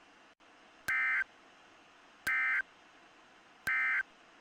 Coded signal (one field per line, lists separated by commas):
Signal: Emergency Alert System (SAME) tones